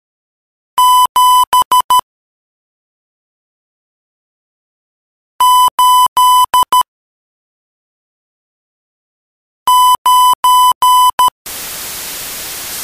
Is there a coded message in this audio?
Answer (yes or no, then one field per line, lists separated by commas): yes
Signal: Morse code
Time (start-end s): 0.8-11.3 s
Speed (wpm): 13 wpm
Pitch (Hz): 1000 Hz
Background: radio noise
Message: 7 8 9